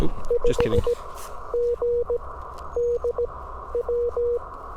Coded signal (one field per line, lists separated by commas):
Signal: Morse code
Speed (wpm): 18 wpm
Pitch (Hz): 500 Hz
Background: speech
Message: 5GDW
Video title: 18 WPM CW POTA Post Marine Corps Marathon Volunteering (I stood and watched others run) with N0SA M7